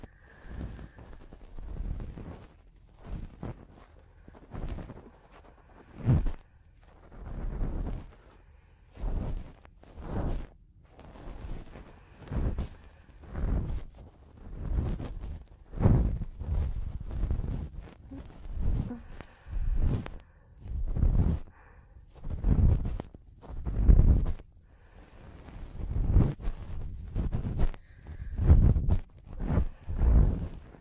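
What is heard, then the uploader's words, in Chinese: Close-up ear cleaning with soft rubbing and scraping, low muffled thumps pulsing every second or so, plus faint breathing between strokes. 近距离掏耳（可以听到呼吸声的那种）。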